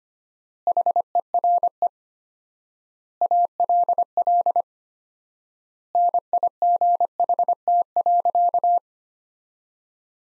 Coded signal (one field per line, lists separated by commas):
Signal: Morse code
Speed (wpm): 25 wpm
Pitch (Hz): 700 Hz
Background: none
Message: HERE ALL NIGHT.